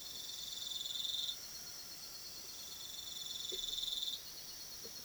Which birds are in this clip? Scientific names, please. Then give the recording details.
none. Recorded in pastures near Puerto Asís, Putumayo, Colombia, on 19 February 2024 at 04:30. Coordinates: 0.497, -76.327. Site G7276